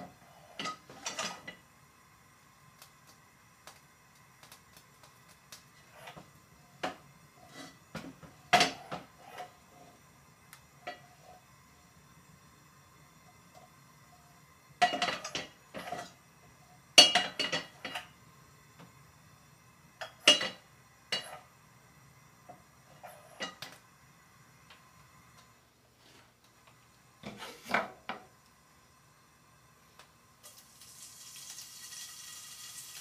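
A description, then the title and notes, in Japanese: Someone is cooking pork and onions in a small kitchen, making a packed lunch. Sharp clinks and scrapes of utensils against pans and dishes come in irregular bursts, with quiet pauses between and a low steady hum underneath. Near the end, a soft hiss rises. お弁当作り。豚肉と玉ねぎの、焼肉のタレ炒めを作っているところです。弁当箱はタッパーです。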